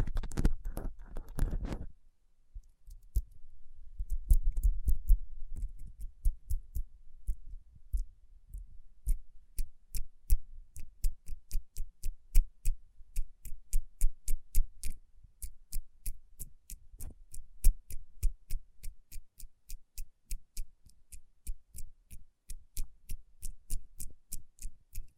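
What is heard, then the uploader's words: Rubbing rhinestone-covered palms gives way to rapid, steady tapping, a dense run of crisp clicks that continues evenly for most of the time. Tapping & Rubbing Rhinestone Covered Palms.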